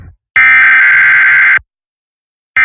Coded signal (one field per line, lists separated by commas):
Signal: Emergency Alert System (SAME) tones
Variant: header bursts